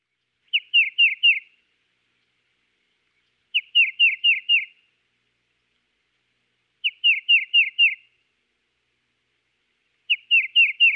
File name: dan-gibsons-solitudes tufted-titmouse